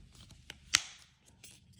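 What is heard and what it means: A Michelin windshield wiper blade's adapter clip is fitted over the small rod in the blade connector and pushed down. A few faint ticks and light rustles lead up to one sharp, loud snap at 0.8 s, followed by a brief fading rattle. The adapter locks into place.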